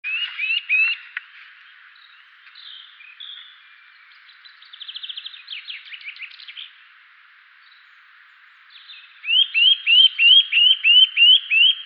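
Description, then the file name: Eurasian nuthatch calling, short bursts of rising whistled notes, a faster softer trill in the middle, then a loud run of about nine even rising whistles. "Sitta europaea"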